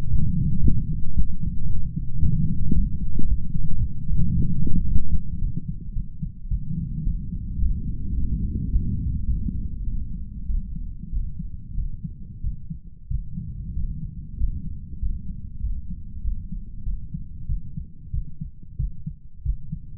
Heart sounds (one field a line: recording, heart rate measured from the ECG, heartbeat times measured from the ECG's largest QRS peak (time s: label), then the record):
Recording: heart sounds by stethoscope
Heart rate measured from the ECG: 102 bpm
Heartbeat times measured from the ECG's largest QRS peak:
0.10 s: heartbeat
0.62 s: heartbeat
1.15 s: heartbeat
1.68 s: heartbeat
2.21 s: heartbeat
2.74 s: heartbeat
3.27 s: heartbeat
3.80 s: heartbeat
4.33 s: heartbeat
4.87 s: heartbeat
5.40 s: heartbeat
5.95 s: heartbeat
6.49 s: heartbeat
7.05 s: heartbeat
7.60 s: heartbeat
8.16 s: heartbeat
8.71 s: heartbeat
9.27 s: heartbeat
9.85 s: heartbeat
10.47 s: heartbeat
11.11 s: heartbeat
11.76 s: heartbeat
12.42 s: heartbeat
13.09 s: heartbeat
13.74 s: heartbeat
14.38 s: heartbeat
15.00 s: heartbeat
15.61 s: heartbeat
16.23 s: heartbeat
16.85 s: heartbeat
17.47 s: heartbeat
18.12 s: heartbeat
18.78 s: heartbeat
19.44 s: heartbeat
From the record:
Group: healthy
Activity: light exercise 0-5 s, rest 5-20 s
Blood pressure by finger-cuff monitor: 127/67 mmHg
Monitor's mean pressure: 82 mmHg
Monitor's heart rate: 107 bpm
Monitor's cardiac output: 10.4 L/min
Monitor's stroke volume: 98 mL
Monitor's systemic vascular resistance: 590 dyn s/cm5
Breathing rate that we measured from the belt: 9 breaths a minute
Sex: male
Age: 35 years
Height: 180 cm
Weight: 86.9 kg